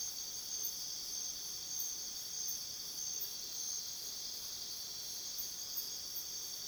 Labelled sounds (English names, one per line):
none